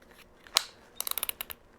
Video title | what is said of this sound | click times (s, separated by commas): Orchard Makerspace Tutorials: POWER DRILL | I'm going to hand tighten it. You'll hear a little click. | 0.6 s, 1.0 s, 1.1 s, 1.2 s, 1.3 s